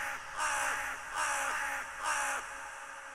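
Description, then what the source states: Crow cawing, three harsh, drawn-out caws with short gaps between them. Recorded in a cemetery at a family grave.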